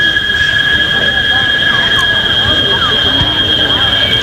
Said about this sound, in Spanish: Oigan esto. Pueblo de Tejutepeque, el sonido de las chicharras. De Tejutepeque, estas son las chicharras de allá.